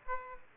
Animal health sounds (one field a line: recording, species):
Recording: mosquito wingbeat signal from an infrared sensor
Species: Aedes aegypti